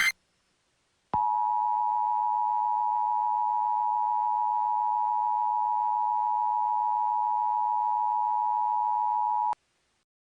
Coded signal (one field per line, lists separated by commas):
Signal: Emergency Alert System (SAME) tones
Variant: 853 and 960 Hz attention tone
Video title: The Midwest Uprising - An EAS Mini Mock.